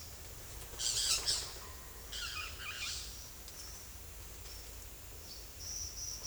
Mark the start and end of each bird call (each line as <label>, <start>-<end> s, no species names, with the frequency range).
bird call (0.6-9.4 kHz), 0.80-1.44 s
bird call (0.8-7.2 kHz), 2.07-2.95 s